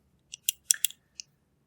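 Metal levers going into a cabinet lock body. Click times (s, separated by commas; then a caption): 0.7 s. Two metal levers are slid up into the body of a Jacksons two-lever cabinet lock during reassembly, giving a run of short, bright metallic clicks at about 0.3, 0.5, 0.7, 0.8, 0.9 and 1.2 seconds. The loudest, sharpest click at 0.7 seconds is the levers snapping into place, seating them in the lock.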